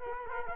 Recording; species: mosquito wingbeat signal from an infrared sensor; Culex quinquefasciatus